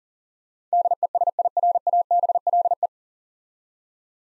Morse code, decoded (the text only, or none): DESIRABLE